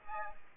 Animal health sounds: mosquito wingbeat signal from an infrared sensor; Aedes aegypti

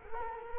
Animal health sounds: mosquito wingbeat signal from an infrared sensor; Culex quinquefasciatus

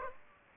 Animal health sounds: mosquito wingbeat signal from an infrared sensor; Aedes aegypti

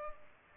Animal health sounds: mosquito wingbeat signal from an infrared sensor; Culex pipiens

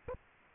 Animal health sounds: mosquito wingbeat signal from an infrared sensor; Aedes aegypti

